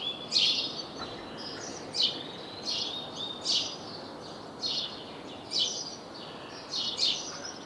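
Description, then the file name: House sparrow chirps, several sharp single notes at irregular intervals, with a faint high whistle between some of them and a steady noisy background. "Passer domesticus"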